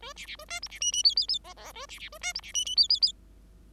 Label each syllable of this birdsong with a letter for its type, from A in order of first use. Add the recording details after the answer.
A B B A C D B E E F F F G G A B B A C D B E E F F F. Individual Bird5